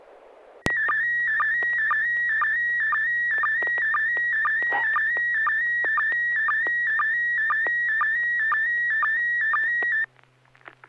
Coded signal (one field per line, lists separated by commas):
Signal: SSTV (slow-scan television)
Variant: PD 120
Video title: N6NA SSTV Net - 04/10/2024